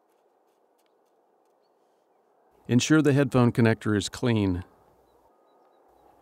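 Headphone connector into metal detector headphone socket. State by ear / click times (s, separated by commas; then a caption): not seated / none. A headphone connector is cleaned and lined up by hand before being pushed into the headphone socket on a metal detector. Someone talks from about 2.7 to 4.6 seconds over a faint low background hum, with only a tiny tick near 0.9 seconds. Nothing has seated or clicked yet.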